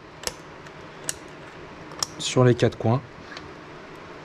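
The four corner push pins of a CPU cooler are pressed down into the motherboard mounting holes, giving sharp clicks at 0.3 s, 1.1 s and 2.0 s. Someone then talks, and the cooler is properly seated on the motherboard.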